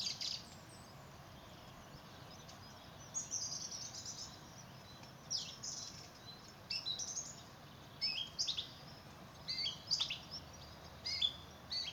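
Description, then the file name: Song thrush singing: short, bright whistled and chirpy phrases delivered in separate bursts about every second or two, with quiet pauses between them. Recorded in a garden in Büren on 3 March 2019. "Singdrossel am 03 03 2019 im Bürener Garten"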